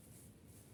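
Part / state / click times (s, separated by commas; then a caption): CV joint with circlip onto driveshaft spline / not seated / none. A new rear CV joint with a retaining circlip is being pushed onto the splined shaft of a Jeep Grand Cherokee front driveshaft. For 0.8 seconds there is only a steady, dense low-frequency handling rumble with no distinct impacts. Nothing has seated or clicked yet.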